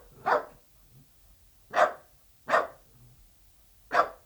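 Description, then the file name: Dachshund barks, four short sharp yaps spaced irregularly, with quiet gaps between. "Het blaffen van een teckel - Beeld en Geluid"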